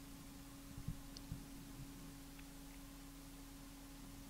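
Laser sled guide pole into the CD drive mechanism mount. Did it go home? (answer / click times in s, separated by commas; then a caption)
yes / 1.2 s. The guide pole of a replacement laser unit in a Sega Mega CD drive is pushed back through its mount and clicks into place at the far end at 1.2 seconds. The click is a brief, faint high tick over a steady low hum, with a few soft low knocks just before it. The guide pole is seated.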